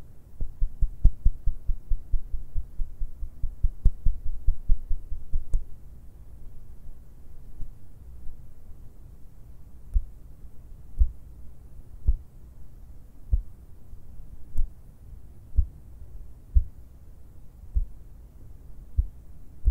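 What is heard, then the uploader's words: Hands and fingers make soft, low thumps, tapping in a quick, steady rhythm for the first five seconds or so. After that the taps slow to sparser, irregular knocks roughly once a second, a few with a sharper click, over a faint low hum. ASMR HAND SOUNDS AND FINGER SOUNDS - LO FI.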